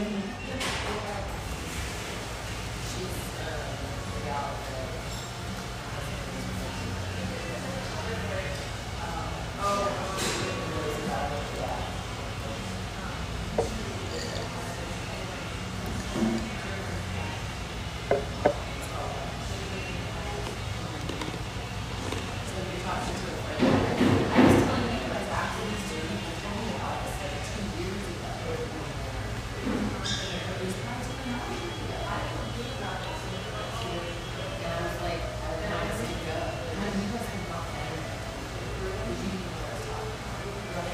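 Steady murmur of conversation fills an espresso house near the Vancouver riverfront, with a constant low hum underneath. Overlapping voices blend into a dense, even wash, broken by brief clinks and knocks, with a louder cluster of clatter around the 24-second mark.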